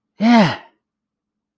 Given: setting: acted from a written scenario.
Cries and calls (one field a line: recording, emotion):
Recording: vocal sound without words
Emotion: triumph